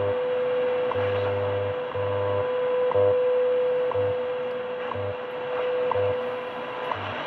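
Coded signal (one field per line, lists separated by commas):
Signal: radio time signal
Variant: WWV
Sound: steady mid-pitch tone with a short tick every second and low hum-like timecode pulses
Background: radio static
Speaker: Oh a pretty good signal here from WWV time signal from Boulder Colorado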